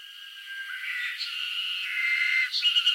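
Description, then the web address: Cicada buzzing, overlapping buzzy, shimmering tones that shift in pitch and grow louder toward the end. Northern Japan, summer. "Sound Effects-Foundation INSECT CICADA NORTHERN JAPAN SUMMER"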